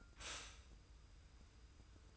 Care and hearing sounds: daily activity, microphone in the room; stop toaster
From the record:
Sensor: 2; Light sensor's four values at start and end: 29/68/28/28 and 29/68/28/28

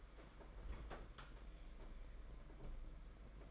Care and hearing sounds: daily activity, microphone in the room; open fridge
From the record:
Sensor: 5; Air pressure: 992.0 hPa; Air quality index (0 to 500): 201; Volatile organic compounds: 1000 ppm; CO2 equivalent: 5793 ppm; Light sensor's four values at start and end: 30/104/38/40 and 30/101/38/40

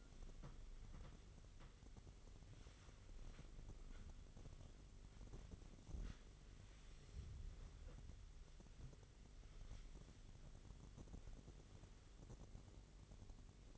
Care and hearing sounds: daily activity, microphone in the room; wipe stove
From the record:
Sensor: 4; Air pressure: 1004.0 hPa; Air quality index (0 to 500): 156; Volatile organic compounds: 2 ppm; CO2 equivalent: 1113 ppm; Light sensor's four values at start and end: 13/29/12/13 and 12/29/12/13

